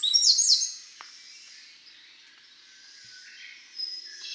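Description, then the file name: Eurasian wren calling, a loud burst of rapid high, sharp notes in the first second, followed by faint high twittering and a brief burst near the end. "Troglodytes troglodytes"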